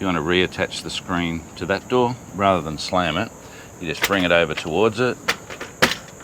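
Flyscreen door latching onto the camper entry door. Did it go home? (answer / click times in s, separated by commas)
yes / 5.6 s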